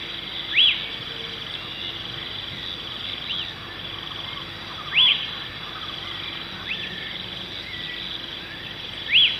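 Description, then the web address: Lesser Elaenia giving short arched whistled calls, four or five spaced irregularly over nine seconds, with a constant high insect drone behind. Recorded in Ecuador. "Natures Songs S America Birds of Ecuador Lesser Elaenia"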